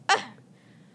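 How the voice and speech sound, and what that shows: A vocal tic: a brief, loud, screamed "ah" noise from a young boy with severe Tourette syndrome.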